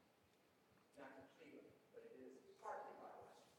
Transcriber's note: indistinct conversation